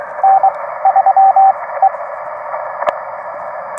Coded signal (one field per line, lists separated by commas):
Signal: Morse code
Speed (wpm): 23 wpm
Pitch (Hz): 770 Hz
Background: radio noise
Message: N3E